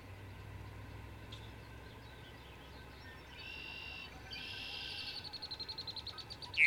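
Bird song, faint and partly masked: a short burst of buzzy high notes, then a quick run of pulsed chirps near the end over steady background hiss.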